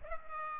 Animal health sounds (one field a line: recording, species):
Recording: mosquito wingbeat signal from an infrared sensor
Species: Culex pipiens